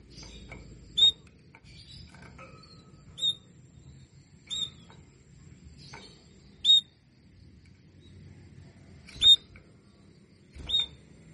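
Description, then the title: Canary chirps, sharp high single notes repeated irregularly, with faint softer chirps between. Female canary sounds, Belgian canary, played to stimulate and warm up lazy males so they sing frequently. "Canto Para Esquentar Canário Belga. SUARA KENARI BETINA AMPUH memancing jantan malas bunyi kenari paud jadi gacor"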